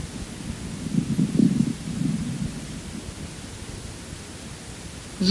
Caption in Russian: Средне- и крупнопузырчатые хрипы у пациента с бронхоэктатической болезнью в той же точке после покашливания.